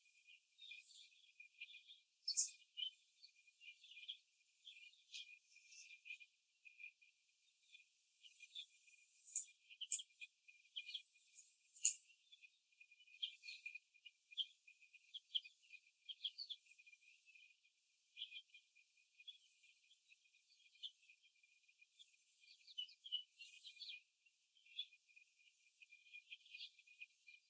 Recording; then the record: young laying hens in a cage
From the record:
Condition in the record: after the stressor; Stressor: simulated dog barking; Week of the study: 2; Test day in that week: 2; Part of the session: 2